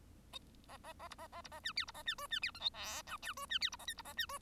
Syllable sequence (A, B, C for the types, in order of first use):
A A A B A A B A C D B A C E C D F G H I J E C D B A K B A C E